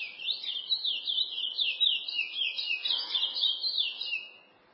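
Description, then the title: Chestnut-bellied seed finch song: rapid, rich warbling phrases of slurred whistles, continuous for about four seconds before fading out. "Canto De Curio"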